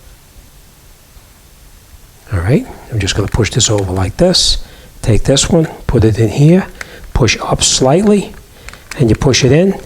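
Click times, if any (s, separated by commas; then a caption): none. An AA battery is handled and checked for its positive mark, then moved into position in a Honeywell thermostat's battery holder while someone talks. After about 2 seconds of quiet background noise, speech fills the rest of the clip with only faint handling sounds. Nothing has seated or clicked yet.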